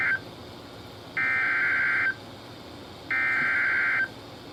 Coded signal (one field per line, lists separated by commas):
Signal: Emergency Alert System (SAME) tones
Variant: header bursts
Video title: Spring's Grand Entrance - EAS Alerts From 3/22/2026 (EAS #593-609)